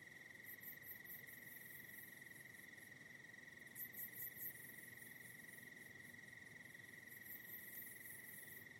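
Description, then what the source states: Even, high cricket trill runs throughout, with brief bursts of rapid chirps at intervals. Soft night ambience of crickets in the Hollywood Hills.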